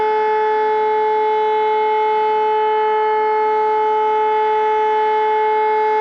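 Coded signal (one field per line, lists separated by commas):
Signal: siren signal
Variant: E57 Feueralarm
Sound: loud steady wailing siren tone held at full pitch, rich in overtones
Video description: Monatlicher Probealarm der Feuerwehrsirenen in Alfter am 20.03.2021 um 11.45 Uhr mit dem Signal "Feueralarm".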